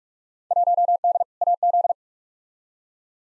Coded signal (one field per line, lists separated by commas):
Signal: Morse code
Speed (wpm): 46 wpm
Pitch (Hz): 700 Hz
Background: none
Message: 1D AZ